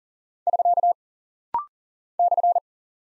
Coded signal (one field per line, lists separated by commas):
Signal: Morse code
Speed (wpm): 39 wpm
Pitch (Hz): 700 Hz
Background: none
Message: <SK> /